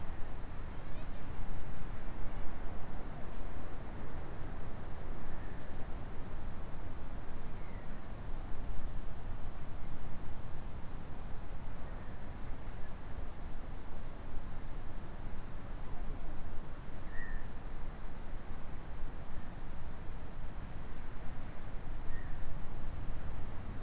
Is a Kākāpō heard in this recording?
no